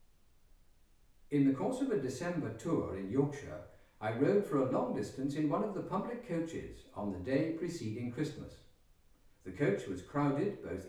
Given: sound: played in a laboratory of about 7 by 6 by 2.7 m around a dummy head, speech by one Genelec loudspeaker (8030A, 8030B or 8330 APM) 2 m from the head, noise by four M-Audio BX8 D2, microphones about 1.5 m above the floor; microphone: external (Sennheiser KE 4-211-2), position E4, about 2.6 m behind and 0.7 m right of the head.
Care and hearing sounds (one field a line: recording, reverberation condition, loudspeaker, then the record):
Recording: male speech in English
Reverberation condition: medium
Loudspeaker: in front (0 degrees)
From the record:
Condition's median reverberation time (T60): about 510 ms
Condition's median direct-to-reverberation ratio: about -0.5 dB